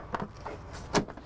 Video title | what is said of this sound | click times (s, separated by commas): 2021 Winnebago Revel 44E | they actually do have an extension, and this pops right in | 0.2 s, 1.0 s